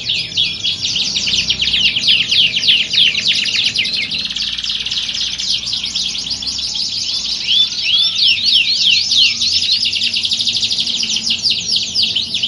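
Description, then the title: Canary song, a long unbroken run of rapid trills and chattering notes, rolls alternating with quick downward sweeps, steady throughout. Belgian canary; warm-up song used for singing contest training, simulating a contest to train a champion canary's mentality. "Canto Para Esquentar Canário Belga. Simulasi Lomba Kenari. Suara Kenari Lomba. Melatih Mental Kenari Juara"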